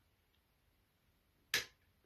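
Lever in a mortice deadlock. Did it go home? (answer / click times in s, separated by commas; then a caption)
yes / 1.5 s. With tension eased, a lever pick (an 8Ball Ultra Pick) pushes lever two of a 5-lever mortice deadlock into its gate. After near silence, a single sharp, bright click sounds at 1.5 s and fades quickly. The lever seats in its gate.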